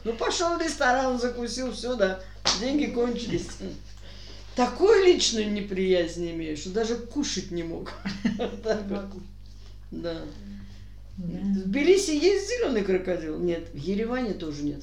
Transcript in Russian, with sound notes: Ну, пошел в ресторан, закусил все да, деньги кончились. Такую личную неприязнь имеет, что даже кушать не мог. [смеются] Да. В Тбилиси есть зеленые крокодилы? Нет, в Ереване тоже нет.